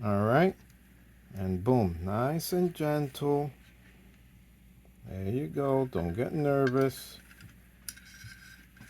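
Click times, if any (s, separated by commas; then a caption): 7.9 s. A polymer floor plate is slid back onto a pistol magazine body after a 10-round limiter block and spring have been placed inside, while someone talks. After the talking stops, a sharp snap at 7.9 s marks the floor plate popping into place, seated.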